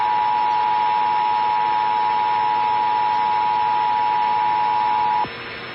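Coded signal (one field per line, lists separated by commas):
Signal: Emergency Alert System (SAME) tones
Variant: 853 and 960 Hz attention tone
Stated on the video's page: Recreation of an EAS test on cable TV interrupting a late-night movie, digital header tones.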